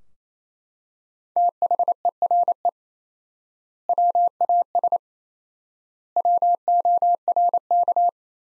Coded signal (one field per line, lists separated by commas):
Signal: Morse code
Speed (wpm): 27 wpm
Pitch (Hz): 700 Hz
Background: none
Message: THERE WAS WORK